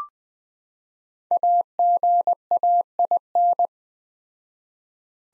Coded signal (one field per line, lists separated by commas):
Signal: Morse code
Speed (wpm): 20 wpm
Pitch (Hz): 700 Hz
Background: none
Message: AGAIN